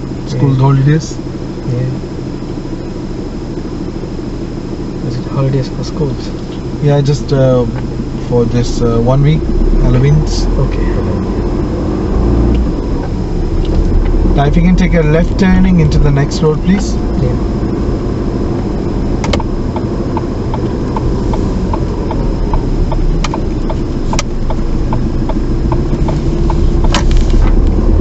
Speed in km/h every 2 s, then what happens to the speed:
0, 0, 0, 3, 10, 15, 18, 26, 24, 24, 2, 11, 15, 21.
0-5 standing. 5-14 pulls away to 26. 14-19 brakes to 2.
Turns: 20-25.